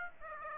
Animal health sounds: mosquito wingbeat signal from an infrared sensor; Aedes aegypti

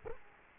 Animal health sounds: mosquito wingbeat signal from an infrared sensor; Culex quinquefasciatus

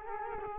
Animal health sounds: mosquito wingbeat signal from an infrared sensor; Culex quinquefasciatus

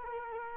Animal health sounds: mosquito wingbeat signal from an infrared sensor; Culex quinquefasciatus

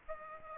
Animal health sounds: mosquito wingbeat signal from an infrared sensor; Aedes aegypti

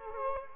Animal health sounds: mosquito wingbeat signal from an infrared sensor; Culex quinquefasciatus

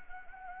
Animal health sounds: mosquito wingbeat signal from an infrared sensor; Anopheles arabiensis

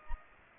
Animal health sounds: mosquito wingbeat signal from an infrared sensor; Aedes aegypti

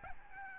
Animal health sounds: mosquito wingbeat signal from an infrared sensor; Aedes albopictus

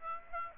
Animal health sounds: mosquito wingbeat signal from an infrared sensor; Aedes aegypti

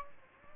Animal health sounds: mosquito wingbeat signal from an infrared sensor; Aedes aegypti

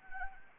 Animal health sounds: mosquito wingbeat signal from an infrared sensor; Anopheles arabiensis

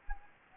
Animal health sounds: mosquito wingbeat signal from an infrared sensor; Anopheles gambiae

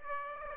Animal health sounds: mosquito wingbeat signal from an infrared sensor; Aedes aegypti

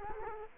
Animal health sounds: mosquito wingbeat signal from an infrared sensor; Culex quinquefasciatus

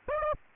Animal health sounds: mosquito wingbeat signal from an infrared sensor; Aedes aegypti

